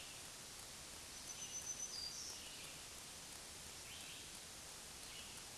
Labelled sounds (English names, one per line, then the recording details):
Black-throated Green Warbler song
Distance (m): 30 m
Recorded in a Pennsylvania forest on 1 June 2023 at 07:43
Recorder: AudioMoth, point grid3_13_low
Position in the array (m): 163 m, 137 m